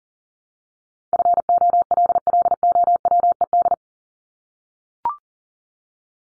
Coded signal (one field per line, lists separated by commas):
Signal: Morse code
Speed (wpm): 40 wpm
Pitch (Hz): 700 Hz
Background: none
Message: FOLLOWED